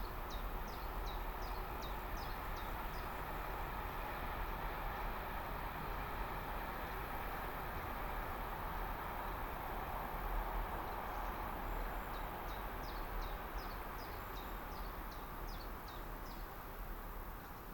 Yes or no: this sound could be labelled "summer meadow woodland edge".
yes